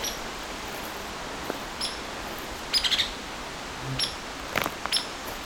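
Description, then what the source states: Hairy Woodpecker giving sharp high calls, singly and in short bursts, over steady background hiss. Very worked up, giving a piercing call and agitated behaviour, probably warning others of a nearby predator; possibly near a nest or young; believed female.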